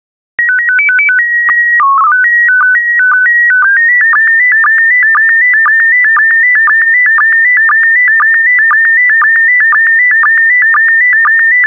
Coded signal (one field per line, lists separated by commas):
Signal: SSTV (slow-scan television)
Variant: PD 120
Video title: 24084 Churches SSTV PD120